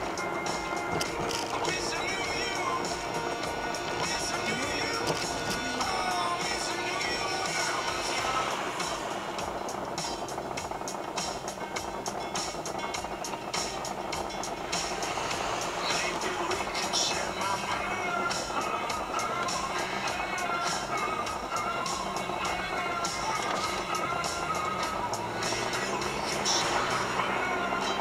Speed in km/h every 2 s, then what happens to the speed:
39, 32, 26, 18, 6, 0, 0, 0, 0, 0, 0, 0, 10, 24.
0-9 brakes to 0. 9-23 standing. 23-28 pulls away to 24.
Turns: none.